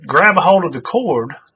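Metal locking forceps are being handled to grab paracord, with their ratchet lock not yet engaged. Only someone talking is heard for about 1.5 seconds. Nothing has clicked or locked yet.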